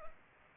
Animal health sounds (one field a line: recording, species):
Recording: mosquito wingbeat signal from an infrared sensor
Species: Culex pipiens